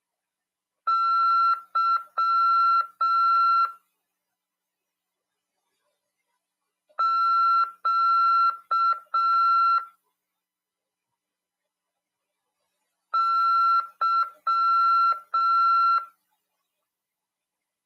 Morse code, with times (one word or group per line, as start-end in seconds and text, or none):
0.9-3.7 Y
7.0-9.8 Q
13.1-16.0 Y